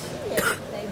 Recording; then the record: coughing mixed with background sound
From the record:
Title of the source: 30 Chesty and wet cough